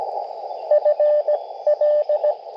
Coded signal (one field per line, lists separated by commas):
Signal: Morse code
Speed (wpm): 20 wpm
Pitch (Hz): 600 Hz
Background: radio noise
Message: FL